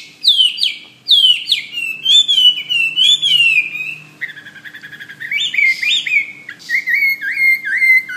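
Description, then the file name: Hwamei song of bright downslurred whistles and wavering phrases, followed by a softer stretch of quick repeated notes, then loud looping whistles again; faint low hum throughout. "omkicau hwamey"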